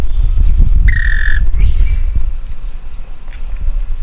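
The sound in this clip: Bird call, a short harsh squawk and a few fainter notes over steady low rumbling noise.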